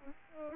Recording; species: mosquito wingbeat signal from an infrared sensor; Aedes albopictus